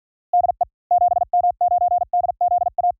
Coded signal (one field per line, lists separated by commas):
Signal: Morse code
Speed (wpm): 48 wpm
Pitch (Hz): 720 Hz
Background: none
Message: DE 7M9DZA